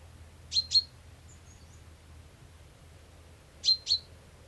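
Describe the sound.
Common chaffinch giving sharp, high, clipped call notes in quick pairs, two pairs about three seconds apart, with faint thin whistles between them over a low steady hum.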